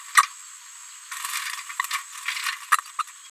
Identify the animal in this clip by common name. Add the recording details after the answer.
Green-rumped Parrotlet. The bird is a female. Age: 21 days. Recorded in a nest box in Venezuela. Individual 17B73B2